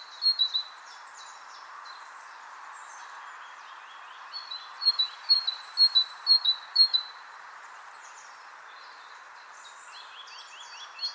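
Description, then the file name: Great tit calling: a few bright, high two-part notes at the start, then a rapid run of paired ringing notes midway, with softer high twitters between bursts and steady background hiss. "Parus major"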